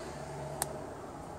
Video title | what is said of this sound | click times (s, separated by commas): VW 01M 01P Skoda SEAT Audi 4Sp FWD Automatic Transmission Filter Service Flush Replace Solenoids | you'll hear it or feel it click good | 0.6 s